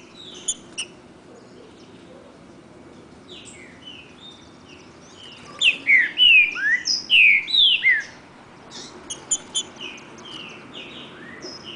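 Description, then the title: Green-winged saltator song: scattered soft whistles, then a loud burst of slurred descending whistled phrases midway, then softer notes again. Wild bird singing in the woods, in a song contest with another free-living bird. "Trinca Ferro NICÃ O No Mato Disputando Com Solto"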